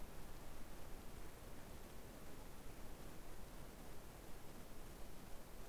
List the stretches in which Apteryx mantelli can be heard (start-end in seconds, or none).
none